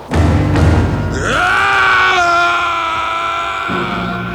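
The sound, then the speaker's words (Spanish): A single long scream from a valley rises sharply in pitch, then holds a strained, wavering note for about three seconds before cutting off, preceded by a brief low rumbling groan. “Cuando Mulan estaba arreglando sus cosas para volver a su casa, oyó un grito que provenía de la zona del valle que la luz había arrasado.”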